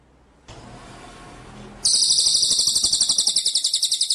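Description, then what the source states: White-rumped shama's continuous high rattling trill begins after a second of hiss and runs to the end, pulses steady and fast. Masteran (training) song of white-rumped shama; full ngerol nembak style.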